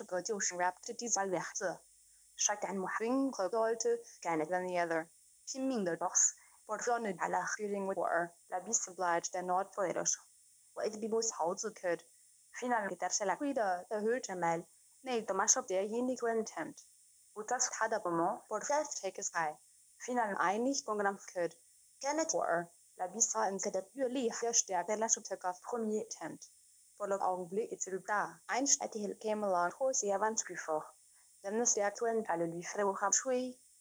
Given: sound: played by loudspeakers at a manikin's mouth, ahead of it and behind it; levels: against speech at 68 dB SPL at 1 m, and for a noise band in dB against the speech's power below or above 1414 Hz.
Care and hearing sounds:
test signals for a remote microphone
0.00-33.81 s: speech test signal (ISTS)
From the record:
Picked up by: remote microphone C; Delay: 23 ms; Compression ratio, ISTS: 1.61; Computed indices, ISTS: SII 0.995, HASPI 0.979, HASQI 0.323 (non-linear 0.389, linear 0.829), ESTOI 0.816

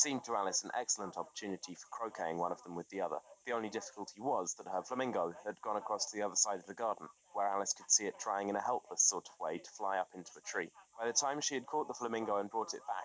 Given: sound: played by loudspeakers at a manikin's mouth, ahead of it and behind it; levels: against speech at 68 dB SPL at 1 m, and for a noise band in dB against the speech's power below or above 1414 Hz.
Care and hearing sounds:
test signals for a remote microphone
0.00-13.04 s: man speaking, babble ahead at +6 dB SNR for speech at 1 m
From the record:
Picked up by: remote microphone B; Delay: 24 ms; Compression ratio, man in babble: 1.70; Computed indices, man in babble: HASPI 0.999, HASQI 0.276 (non-linear 0.326, linear 0.847), ESTOI 0.728

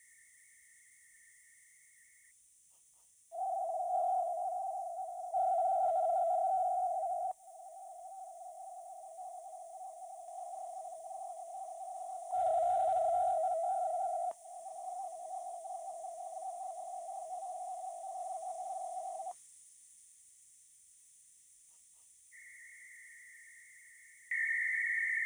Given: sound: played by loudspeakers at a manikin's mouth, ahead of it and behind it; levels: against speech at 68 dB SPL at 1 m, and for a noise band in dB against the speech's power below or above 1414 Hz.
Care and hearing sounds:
test signals for a remote microphone
0.00-2.31 s: noise band at 2000 Hz, -10 dB
3.31-5.31 s: noise band at 707 Hz, -13 dB
5.31-7.31 s: noise band at 707 Hz, +22 dB
7.31-12.31 s: noise band at 707 Hz, -13 dB
12.31-14.31 s: noise band at 707 Hz, +22 dB
14.31-19.31 s: noise band at 707 Hz, -13 dB
22.31-24.31 s: noise band at 2000 Hz, -13 dB
24.31-25.26 s: noise band at 2000 Hz, +22 dB
From the record:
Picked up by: remote microphone C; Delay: 23 ms

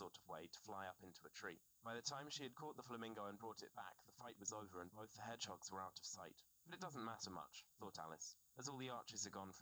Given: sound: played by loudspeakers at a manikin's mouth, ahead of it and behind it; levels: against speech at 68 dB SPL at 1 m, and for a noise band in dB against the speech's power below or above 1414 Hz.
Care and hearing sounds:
test signals for a remote microphone
0.00-9.62 s: man speaking
From the record:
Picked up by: remote receiver E, fed by microphone B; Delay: 43 ms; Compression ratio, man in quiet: 2.77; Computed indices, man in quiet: SII 0.989, HASPI 1.000, HASQI 0.404 (non-linear 0.458, linear 0.882), ESTOI 0.745

